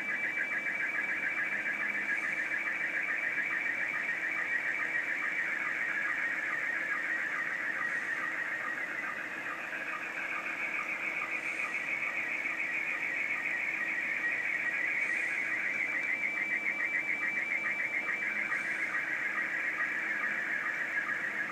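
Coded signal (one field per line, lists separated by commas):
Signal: SSTV (slow-scan television)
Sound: steady warbling, chirping tone shifting rapidly in pitch for the whole clip, with hiss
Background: radio static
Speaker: there comes another photo across 14 decimal 230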